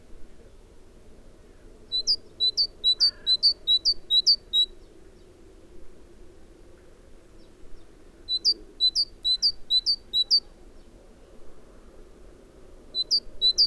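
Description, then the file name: Great tit singing bursts of rapid two-note phrases, each burst lasting a couple of seconds, separated by several seconds of quiet, against a low steady hum. "Parus major"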